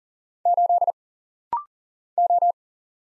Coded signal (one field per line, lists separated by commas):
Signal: Morse code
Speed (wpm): 39 wpm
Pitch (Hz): 700 Hz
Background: none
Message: 8 O